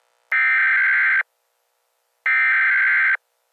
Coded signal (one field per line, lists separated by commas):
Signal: Emergency Alert System (SAME) tones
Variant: header bursts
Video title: EAS SCENARIO: Easter: Radioactive Eggs 4/20/2025. **HAS VALID TONES**